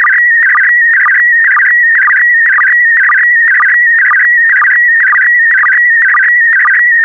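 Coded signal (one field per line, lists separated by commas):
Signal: SSTV (slow-scan television)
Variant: PD120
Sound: steady warbling tone with a rhythmic low chirp about twice per second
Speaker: complete. You can now check your decoded image against the picture that is shown on the video.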